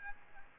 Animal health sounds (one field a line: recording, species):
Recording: mosquito wingbeat signal from an infrared sensor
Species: Aedes aegypti